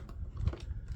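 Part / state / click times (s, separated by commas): floor cleaner head onto stick vacuum wand / not seated / none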